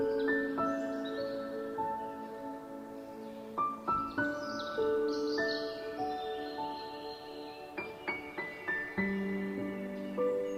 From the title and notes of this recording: Relaxing music with bird sounds.